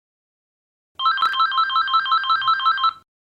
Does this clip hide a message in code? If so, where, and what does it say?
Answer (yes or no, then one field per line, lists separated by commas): no